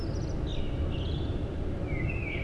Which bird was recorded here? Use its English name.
Common Blackbird